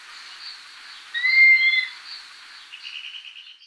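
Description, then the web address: Dusky-capped flycatcher giving a single long, plaintive whistle that slurs up and levels off, followed by a soft rapid trill of short notes. Recorded in Ecuador. "Natures Songs S America Birds of Ecuador Dusky-capped Flycatcher"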